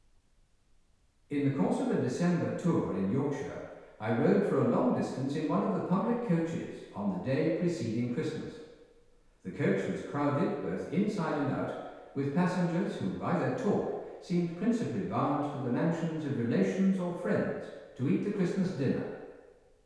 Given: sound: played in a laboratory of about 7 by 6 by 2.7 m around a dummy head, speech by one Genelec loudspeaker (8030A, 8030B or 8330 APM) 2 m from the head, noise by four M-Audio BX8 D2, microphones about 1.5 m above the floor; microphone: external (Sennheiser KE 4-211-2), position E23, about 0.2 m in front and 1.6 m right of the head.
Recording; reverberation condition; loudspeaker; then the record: male speech in English; high; in front (0 degrees)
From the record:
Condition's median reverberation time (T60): about 1300 ms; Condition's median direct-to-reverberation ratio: about -4.0 dB